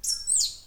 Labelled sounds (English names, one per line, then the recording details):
Stitchbird song
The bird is a male
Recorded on Tiritiri Matangi Island, New Zealand, in 2005
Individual 4, of nest box 4